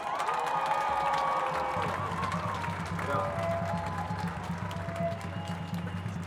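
A crowd applauds loudly: a dense, steady wash of clapping mixed with cheering, while a low droning hum runs underneath for most of the stretch.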